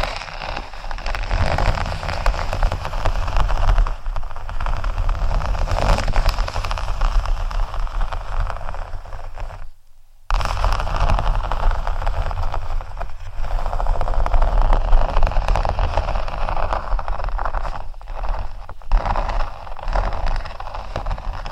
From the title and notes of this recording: ASMR Faux Leather Scratching（No Talking）.